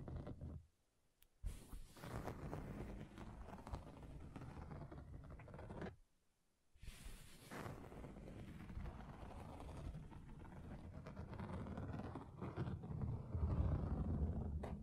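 Scratching across table surfaces forms a dense, rough, grinding rasp, broken by two brief silences near one and six seconds, growing louder and rumbling toward the end.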